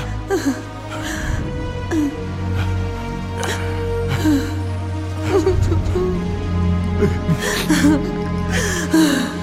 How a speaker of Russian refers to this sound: Лукас, Мак и женщина плачут над телом Фаррена.